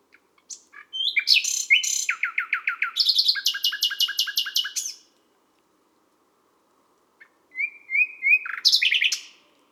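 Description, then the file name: Common nightingale song: a long phrase of rapidly repeated chattering notes shifting pitch, a pause, then a shorter phrase of whistles and chirps. Recorded at midnight at Les Salelles, Ardèche. "Rossignol-philomele-a-minuit-Les-Salelles-Ambiances-Sonores-d Ardeche-Studio-Les-Trois-Becs"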